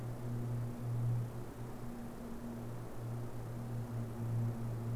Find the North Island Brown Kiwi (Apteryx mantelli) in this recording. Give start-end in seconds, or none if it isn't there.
none